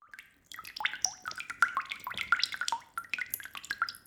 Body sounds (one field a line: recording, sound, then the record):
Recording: sound for misophonia research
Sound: water drops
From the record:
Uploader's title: 37 - 10 Water drops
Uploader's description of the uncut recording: Longer version of falling water drops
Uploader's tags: Panska, CZ, Czech, Pansk, long, water-drops, drops, drop